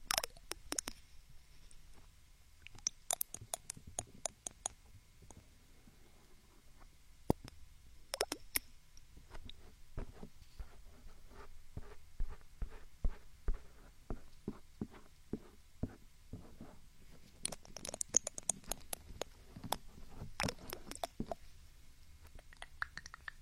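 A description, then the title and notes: Ear picking and rubbing: crisp scratches, clicks and soft squishy rustles arrive in bursts, with busy stretches near the start, through the middle, and again in a bright, scratchy flurry toward the end. A faint low hum stays underneath. Binaural ear picking, ear massage, spa ear picking.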